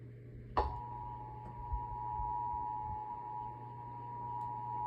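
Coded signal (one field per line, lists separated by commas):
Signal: Emergency Alert System (SAME) tones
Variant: 853 and 960 Hz attention tone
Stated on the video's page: Live national EAS alert interrupting a television talk show broadcast.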